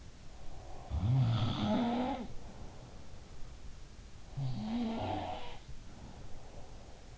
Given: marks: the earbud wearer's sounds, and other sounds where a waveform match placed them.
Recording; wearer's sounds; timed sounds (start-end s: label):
sounds in sleep by an in-ear microphone; breath
0.30-3.22 s: breath
0.72-3.22 s: sound from someone else or the room
4.23-6.63 s: sound from someone else or the room
4.23-7.18 s: breath